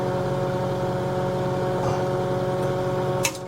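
The plastic canister of a Kohler canister-style toilet flush valve is turned a quarter turn counterclockwise with effort until it unlocks from its base. A steady tonal hum runs throughout, then a sharp snap sounds at 3.3 s, after which the sound drops quieter. The canister is released from its base.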